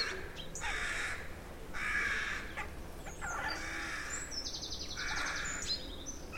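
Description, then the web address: Rook colony calls: several rasping caws spaced irregularly, over steady background noise. Rookery in a derelict abbey, free of traffic noise. "Hollywood Edge Historical Series. Traffic Free BG's. Rookery In Derelict Abbey"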